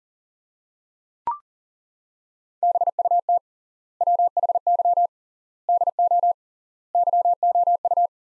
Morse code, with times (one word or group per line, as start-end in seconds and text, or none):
2.6-3.4 BUT
4.0-5.1 WHY
5.7-6.3 DO
6.9-8.1 YOU